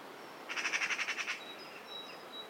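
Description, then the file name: Eurasian magpie uttering a single quick rattle of harsh, scratchy notes, followed by faint thin high notes from a small bird. "Pica pica"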